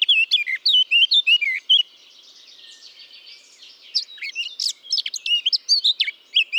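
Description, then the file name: Eurasian blackcap song in two bursts of quick, bright warbled notes, separated by a brief hush of soft twittering. "Sylvia atricapilla"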